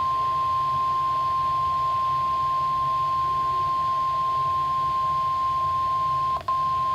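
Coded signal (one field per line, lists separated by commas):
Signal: Emergency Alert System (SAME) tones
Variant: 1050 Hz attention tone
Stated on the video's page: Severe Thunderstorm Warning relayed on NOAA Weather Radio station WXL48, recorded with a Canon EOS Rebel SL3 camera and Rode VideoMic Pro.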